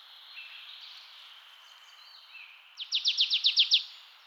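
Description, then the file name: Marsh tit giving a quick run of about eight bright, metallic chips near the end, after some faint, soft whistles. "Poecile palustris"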